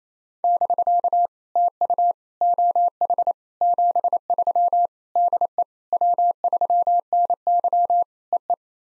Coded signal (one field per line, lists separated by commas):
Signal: Morse code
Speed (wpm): 28 wpm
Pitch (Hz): 700 Hz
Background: none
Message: <BK> TU OH 73 DE W3NY EE